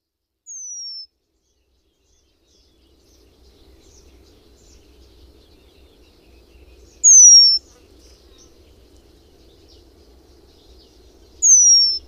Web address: agykontroll Madardalok Cd 3. Függőcinege